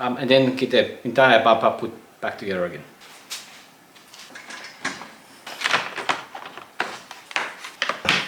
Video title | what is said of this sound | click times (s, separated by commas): Replacing the engine in our CHEAP 2015 Mercedes Benz C450 AMG rebuild project - Episode 9 | ah and I'm getting this very very satisfying clicks of the actual plastic molding clicking together | 6.8 s, 7.4 s, 7.8 s